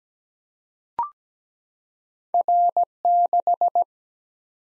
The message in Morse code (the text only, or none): R6